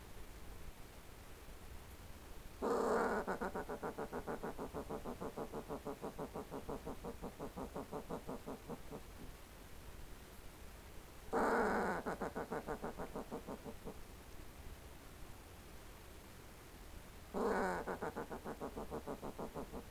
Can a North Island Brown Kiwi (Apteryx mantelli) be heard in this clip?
no